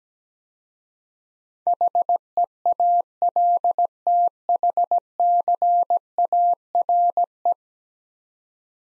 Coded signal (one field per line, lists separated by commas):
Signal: Morse code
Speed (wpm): 17 wpm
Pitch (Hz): 700 Hz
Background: none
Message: HEALTHCARE